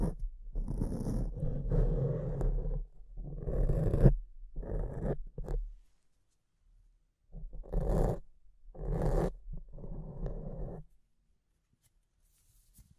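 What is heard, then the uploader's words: Scratching on a microphone comes in rough, rasping bursts with a heavy low rumble, each lasting around a second with short gaps between. The scratches run for the first six seconds, pause, return from about seven to eleven seconds, then stop. ASMR Brain Melting Mic Scratching (No Talking).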